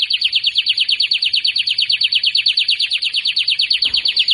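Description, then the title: Belgian canary song: a fast, even trill of rapid high notes repeated steadily at one pitch for the whole stretch, with a brief soft rustle near the end. Belgian canary breeding male; the song is said to stimulate and warm up any female. "Canario Belga. Canario Galador Esquenta Qualquer Femea"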